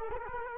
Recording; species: mosquito wingbeat signal from an infrared sensor; Culex quinquefasciatus